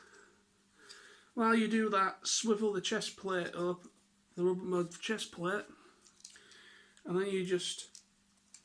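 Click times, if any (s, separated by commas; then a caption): 8.6 s. Someone talks while swiveling the rubber chest plate of a transforming action figure up and then bringing it back down onto the plastic torso, a tight fit that needs a bit of force. A few faint clicks come around 6.1–6.3 s, and a sharp click at 8.6 s marks the rubber chest plate seating into place.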